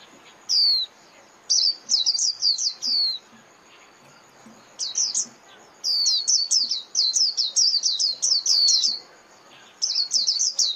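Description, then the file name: White-eye calling with a few isolated high chirps, then long fast strings of sharp, thin, descending notes broken by short pauses. Lure call (mồi) used for trapping white-eyes. "Tieng khuyen moi"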